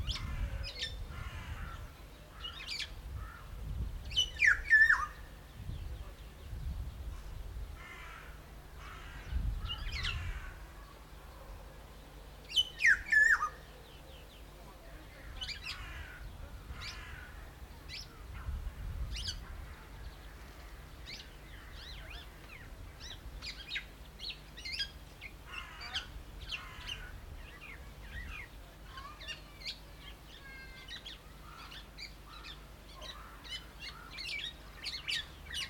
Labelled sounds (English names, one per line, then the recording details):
Black-naped Oriole
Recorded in captivity
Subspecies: celebensis
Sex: male
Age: adult
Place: Zoo Berlin, Berlin, DE
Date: 1995-04-01 12:20
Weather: bedeckt - heiter, 6 - 8 °C, böiger Wind
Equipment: Marantz CP 430, Sennheiser ME 80, Kopie Uher Variocord 263
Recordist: Tembrock, Günter